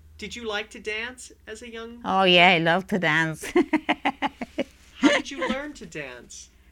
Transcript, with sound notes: Did you like to dance as a young person?
Oh, yeah. I loved to dance. ( she laughs )
How did you learn to dance?